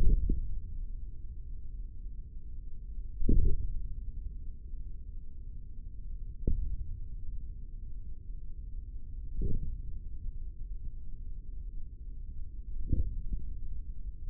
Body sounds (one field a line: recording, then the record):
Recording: forearm muscle sounds (acoustic myography)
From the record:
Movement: hand closing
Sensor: system 3, bracelet of six PUI Audio POM-2738L microphones around the upper forearm, with dedicated amplification and filtering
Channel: 5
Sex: male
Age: 25 years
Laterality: right